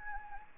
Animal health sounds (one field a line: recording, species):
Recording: mosquito wingbeat signal from an infrared sensor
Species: Anopheles gambiae